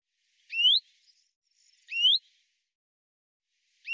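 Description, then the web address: Common chaffinch giving short, rising whistled calls, two spaced about one and a half seconds apart and a third beginning at the end; otherwise silent. "Deverinetal 2025 File cleaned normalized Bird Fr Co"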